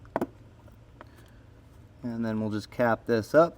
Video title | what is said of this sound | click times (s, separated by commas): etrailer - How to Install the Demco 12 Volt Outlet Kit in a 2021 Jeep Wrangler Unlimited | so we'll just feed back our excess wire as we feed this in it should snap into place | 0.2 s